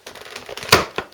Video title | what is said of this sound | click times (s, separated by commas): Delboy's Garage, Harley Sportster Battery Replacement . | till it pops into place, | 0.7 s